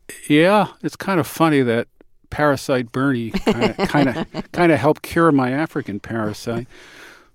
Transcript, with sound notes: It's kind of funny that parasite Bernie...
(Laughter).
...Kind of helped cure my African parasite.